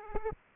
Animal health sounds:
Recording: mosquito wingbeat signal from an infrared sensor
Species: Aedes aegypti

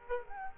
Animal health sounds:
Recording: mosquito wingbeat signal from an infrared sensor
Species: Aedes aegypti

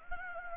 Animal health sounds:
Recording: mosquito wingbeat signal from an infrared sensor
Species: Anopheles gambiae

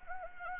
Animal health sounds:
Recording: mosquito wingbeat signal from an infrared sensor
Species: Anopheles arabiensis

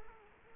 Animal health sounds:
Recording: mosquito wingbeat signal from an infrared sensor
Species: Culex quinquefasciatus

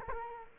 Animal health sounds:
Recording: mosquito wingbeat signal from an infrared sensor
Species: Culex quinquefasciatus

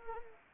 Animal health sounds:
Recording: mosquito wingbeat signal from an infrared sensor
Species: Anopheles arabiensis

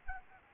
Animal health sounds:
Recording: mosquito wingbeat signal from an infrared sensor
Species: Aedes albopictus

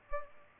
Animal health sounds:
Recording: mosquito wingbeat signal from an infrared sensor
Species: Culex pipiens

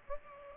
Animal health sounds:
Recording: mosquito wingbeat signal from an infrared sensor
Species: Aedes aegypti

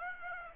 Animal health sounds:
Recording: mosquito wingbeat signal from an infrared sensor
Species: Aedes aegypti

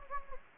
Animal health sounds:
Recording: mosquito wingbeat signal from an infrared sensor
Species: Anopheles gambiae

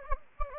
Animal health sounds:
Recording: mosquito wingbeat signal from an infrared sensor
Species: Anopheles gambiae

